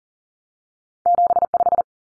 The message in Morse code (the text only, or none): 75